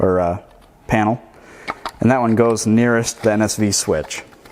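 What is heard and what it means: Someone talks while handling a USB or auxiliary button module that goes into the plastic NSV switch panel, next to the NSV switch, during an NSV hood light bar install on a Toyota Tundra. Speech fills most of the clip with brief soft handling noises between phrases. The button has not seated or clicked into the panel yet.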